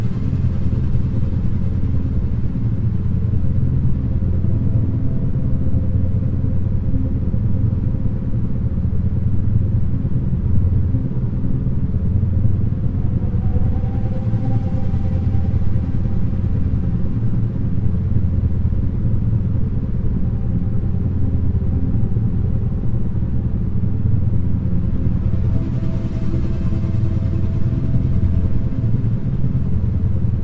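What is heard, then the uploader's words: Binaural beats and white noise: a steady, dense low drone of stacked tones under soft hiss, with airy swells near 14 and 26 seconds. Concentration, Focus and Memory With 9' Binaural Beats and White Noise.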